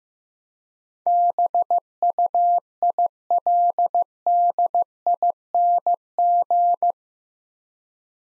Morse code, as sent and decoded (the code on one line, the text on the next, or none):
-... ..- .. .-.. -.. .. -. --.
BUILDING